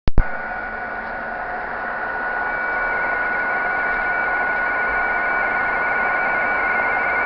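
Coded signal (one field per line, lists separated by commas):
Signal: RTTY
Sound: rapid warbling two-tone teletype chatter over hiss, with a steady whistle tone underneath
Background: radio static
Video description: CQ WO4D via RTTY from MELBOURNE, FL.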